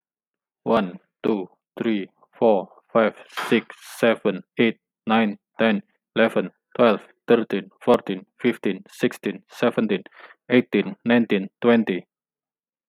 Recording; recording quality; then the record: counting at a normal pace; excellent, no background noise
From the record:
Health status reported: exposed to COVID-19, no respiratory illness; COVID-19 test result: negative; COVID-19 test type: RT-PCR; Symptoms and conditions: sore throat, asthma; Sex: male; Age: 37 years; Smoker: no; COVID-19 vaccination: both doses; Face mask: worn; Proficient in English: no